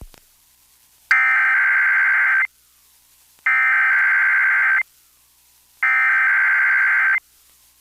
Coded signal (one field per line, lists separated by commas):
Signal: Emergency Alert System (SAME) tones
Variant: header bursts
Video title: WTLR RWT, WQCK Relay, and PA CIV RWT (12/20/22)(EAS 1327-1329)